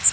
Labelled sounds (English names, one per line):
Magnolia Warbler flight call